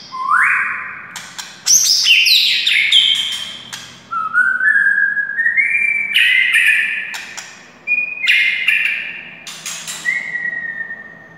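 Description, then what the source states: White-rumped shama song: clear whistled phrases, some rising in steps, broken by sharp clicking notes and brief pauses. Wild white-rumped shama (murai hutan).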